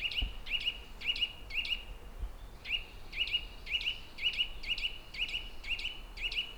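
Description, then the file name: Eurasian nuthatch calling in quick paired whistled notes, briefly pausing near the middle before resuming the brisk repeated series, with faint low thumps early on. "Sitta europaea"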